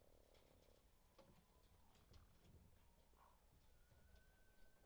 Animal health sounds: poultry house recording; sick chickens (respiratory disease)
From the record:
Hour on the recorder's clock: 22

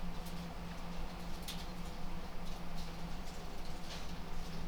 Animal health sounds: poultry house recording; no chicken sound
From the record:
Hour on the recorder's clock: 22

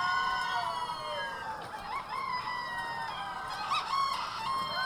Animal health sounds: poultry house recording; healthy chickens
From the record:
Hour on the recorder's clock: 12

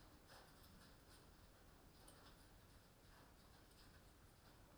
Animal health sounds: poultry house recording; no chicken sound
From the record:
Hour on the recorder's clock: 20

